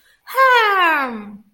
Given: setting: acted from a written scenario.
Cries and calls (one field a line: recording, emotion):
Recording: vocal sound without words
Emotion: pride